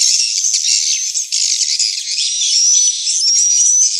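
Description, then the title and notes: Swiftlet chorus of busy high chattering, with a few thin rising whistles near the end over the steady twitter. Swiftlet house lure sound of the AKAU brand, Tien Giang, Vietnam. "Am thanh nha yen Akau Vietnam - Tien giang. Những âm thanh chim yến thuộc thương hiệu AKAU"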